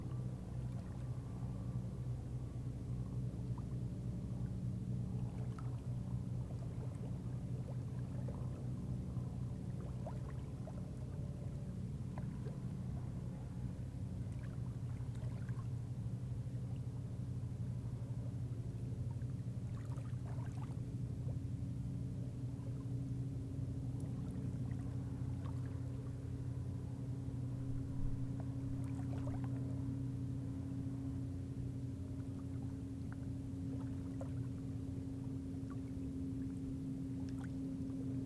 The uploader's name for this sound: Arkansas Bend County Park - Scenic Overlook - Shore